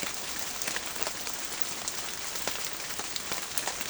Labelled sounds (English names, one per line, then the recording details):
none
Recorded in pastures near Puerto Asís, Putumayo, Colombia, on 21 March 2025 at 15:30
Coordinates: 0.505, -76.324
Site GP08